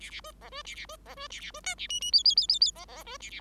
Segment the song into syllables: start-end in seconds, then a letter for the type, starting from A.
0.00-0.10 A, 0.10-0.21 A, 0.24-0.32 B, 0.41-0.50 C, 0.51-0.62 B, 0.65-0.75 A, 0.75-0.86 A, 0.88-0.96 B, 1.05-1.15 C, 1.16-1.28 B, 1.30-1.40 A, 1.40-1.51 A, 1.53-1.60 B, 1.64-1.75 D, 1.77-1.87 A, 1.89-2.00 E, 2.01-2.11 E, 2.12-2.23 F, 2.24-2.35 F, 2.36-2.47 F, 2.48-2.59 F, 2.60-2.71 F, 2.75-2.85 C, 2.88-3.03 C, 3.06-3.17 B, 3.20-3.30 A, 3.30-3.40 A